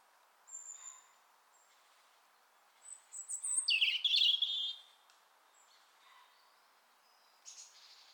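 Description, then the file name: European robin song phrase: faint high whistles, then a louder rushing twitter around midway, followed by scattered thin notes over a soft hiss. "Erithacus rubecula"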